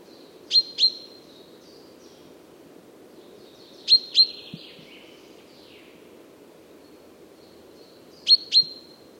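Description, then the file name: Common chaffinch giving sharp clipped calls in pairs, repeated about every four seconds, with faint high twittering between and a constant low background hum. "Fringilla coelebs"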